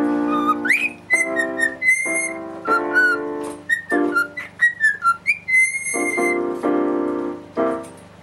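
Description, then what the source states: Cockatiel singing a melody of clear whistled notes, with a long steady tone, while piano chords ring beneath. Parrot singing along with a pianist playing the piano.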